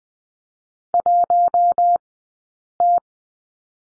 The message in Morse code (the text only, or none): 1 T